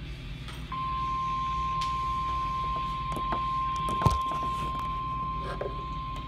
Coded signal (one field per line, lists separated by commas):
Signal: Emergency Alert System (SAME) tones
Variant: 1050 Hz attention tone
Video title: (LATE) EAS 276 RWT